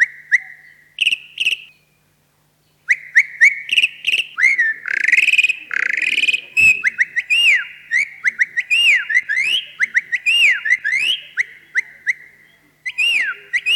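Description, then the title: Javan pied starling calling busily: fast runs of short rising whistles mixed with harsh rasping bursts and arched whistled notes, with one brief silent gap near the start. "Jalak Uren"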